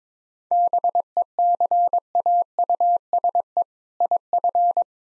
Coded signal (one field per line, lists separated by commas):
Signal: Morse code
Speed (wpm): 22 wpm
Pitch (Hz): 700 Hz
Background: none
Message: BECAUSE IF